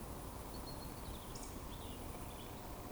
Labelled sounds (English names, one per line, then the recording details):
Eurasian Woodcock whistle
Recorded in Baden-Württemberg, Germany, on 25 June 2020 at 20:17 UTC
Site 24578, 122 m above sea level